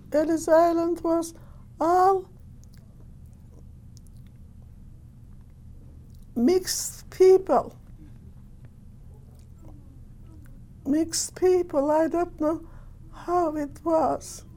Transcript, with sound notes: Ellis Island was all [pause] mixed people! Mixed people, I don't know how it was.